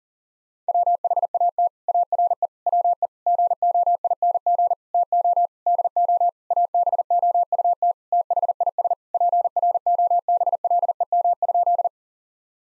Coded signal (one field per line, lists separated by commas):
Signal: Morse code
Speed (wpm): 40 wpm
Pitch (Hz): 700 Hz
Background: none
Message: WHAT ARE WE GOING TO DO ABOUT THIS PROBLEM?